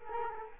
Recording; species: mosquito wingbeat signal from an infrared sensor; Culex quinquefasciatus